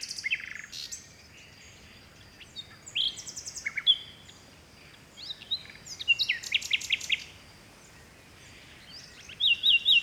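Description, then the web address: Bird song: several high sweet phrases and short rapid trills scattered throughout, against soft background noise. Mediterranean forest by the sea in Greece, early morning in spring. "Seaside Nature And Waves Nature Forest Birds Wind Early Morning Spring Distant Sea Mediterranean Grece"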